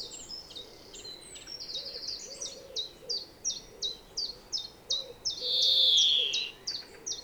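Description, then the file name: European greenfinch calling: a run of short, evenly spaced high chirps about three per second, broken by one long nasal wheeze near the end; faint low hum beneath. "Chloris chloris"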